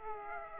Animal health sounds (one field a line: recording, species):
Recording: mosquito wingbeat signal from an infrared sensor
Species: Aedes aegypti